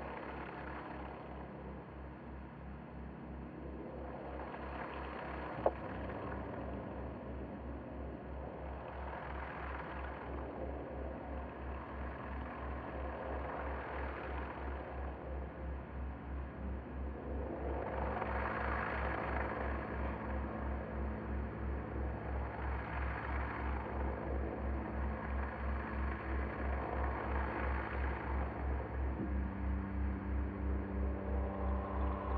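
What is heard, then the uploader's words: A slowed, resonated dishwasher recording forms a swirling drone with a steady low throb, washing swells every few seconds, and shifting tones around 6, 18 and 29 seconds. This is a two hour binaural at 3 Hz on a carrier of 65.4 Hz (in the key of C). It's based off a field recording of the full duty cycle of a Bosch Dishwasher, slowed down and resonated into a swirling, evolving drone.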